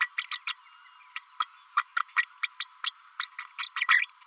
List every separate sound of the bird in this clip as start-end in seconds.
0.00-0.08, 0.17-0.24, 0.31-0.39, 0.46-0.54, 1.15-1.23, 1.40-1.46, 1.76-1.83, 1.96-2.00, 2.16-2.25, 2.43-2.50, 2.60-2.66, 2.83-2.92, 3.19-3.27, 3.38-3.46, 3.58-3.69, 3.88-4.07